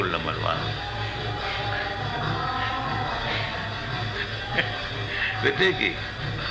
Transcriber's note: chuckles